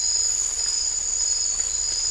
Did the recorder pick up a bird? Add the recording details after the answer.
no. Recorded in dense forest near Puerto Asís, Putumayo, Colombia, on 16 December 2024 at 02:30. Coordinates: 0.500, -76.322. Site G053